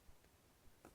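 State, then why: Not seated. A metal reset tool is pushed into the reset hole of a Kwikset SmartKey rekeyable door lock cylinder held in its cradle. Only very quiet low rustling and a brief faint tap around 0.9 s are heard. The tool has not clicked in, and nothing has seated or clicked yet.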